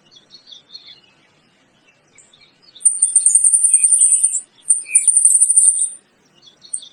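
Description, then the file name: Turquoise tanager calls: two long, very high buzzy trills, each about one and a half seconds, among soft scattered chirps. "saira de bando"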